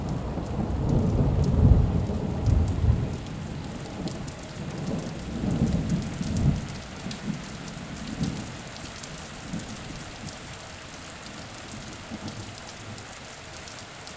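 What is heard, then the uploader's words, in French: Steady rain hisses throughout, with fine patter and scattered bright drops across the top. A deep thunder rumble rolls in early, loudest around two seconds, surging again near six, then fades gradually, leaving only the even rain by the end. Pluie et orage.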